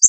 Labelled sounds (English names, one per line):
Connecticut Warbler flight call